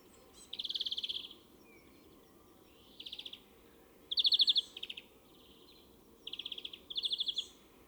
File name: Chloris chloris